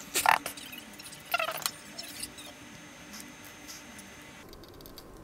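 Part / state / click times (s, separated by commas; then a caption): replacement display into phone frame / not seated / none. A replacement display assembly is pressed into the plastic frame of a Redmi Note 7 smartphone after its broken screen was swapped, with bursts of tapping and pressing sounds at about 0.1–0.5 s and 1.3–1.7 s, fainter ones around 2.0–2.3 s, then quiet. Nothing has seated or clicked yet: the screen does not seat in the frame.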